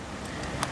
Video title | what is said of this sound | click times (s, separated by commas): Leotax K Camera | until they lock into place make sure that the film is all the way down inside and then just replace | 0.6 s